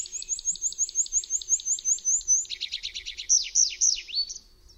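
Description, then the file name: Tree pipit song: a fast run of high trilled notes, then coarser buzzy phrases and loud slurred notes dropping and rising, ending in quiet. "ŚWIERGOTEK DRZEWNY"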